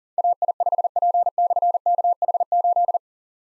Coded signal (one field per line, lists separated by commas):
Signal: Morse code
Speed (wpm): 41 wpm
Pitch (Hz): 700 Hz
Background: none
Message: AI5P/KH8